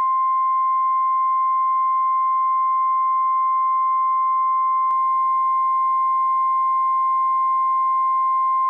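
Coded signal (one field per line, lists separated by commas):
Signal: Emergency Alert System (SAME) tones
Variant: 1050 Hz attention tone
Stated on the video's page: Required weekly test issued by the NWS office in Pendleton, Oregon, for several Washington counties.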